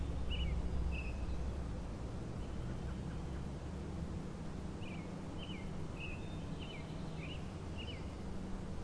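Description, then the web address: Frogs calling in a chorus: short chirping notes, some slurred, scattered throughout and bunched near the end, over a steady low rumbling background. Frog chorus at Grafton Lake, recorded 3 May 2009. "The Frog Chorus Tunes Up On Grafton Lake"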